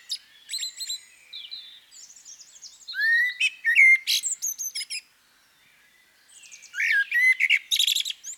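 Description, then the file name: Common blackbird with rich fluty notes and high chattering flourishes, delivered in separate phrases with a clear pause between them. "CHernyj drozd - Turdus merula - British Library"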